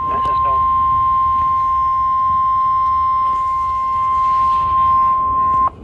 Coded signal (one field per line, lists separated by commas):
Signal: Emergency Alert System (SAME) tones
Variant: 1050 Hz attention tone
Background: speech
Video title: 4 Emergency Alert System captures from 4/30/2022 (TOR x1, SVR x1, SMW x2) KZZ81 Lockport